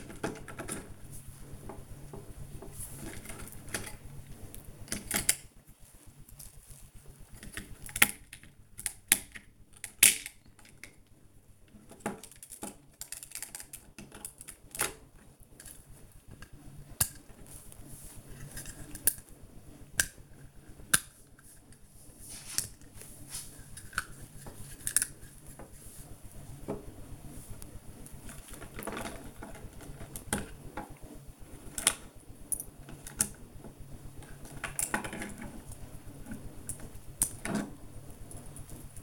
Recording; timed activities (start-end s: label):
household activities, microphone on the right wrist
0.00-39.03 s: building with lego